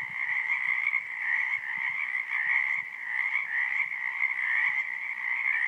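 Crickets trilling together in a dense, constant chorus that swells slightly at intervals, with faint low knocks beneath.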